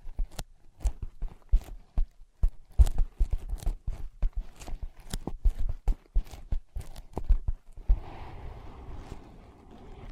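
Ear pads are tapped in quick, uneven bursts of sharp knocks and soft thuds, coming several times a second for the first eight seconds. Around the eight-second mark the tapping stops and gives way to a steady, muffled rubbing and scratching that runs to the end.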